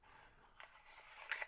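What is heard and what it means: The plastic cover or mounting slide of an Aqara E1 motorized roller-shade driver is handled as it is slid back toward the unit, giving low plastic rustling with short sharp taps at about 0.6, 1.3 and 1.4 seconds. The clip ends before the cover goes home, and nothing has seated or clicked yet.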